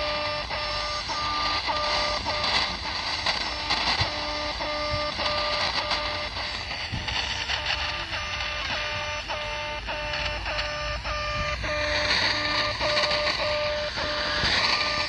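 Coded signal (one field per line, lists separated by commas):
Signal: channel marker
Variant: The Alarm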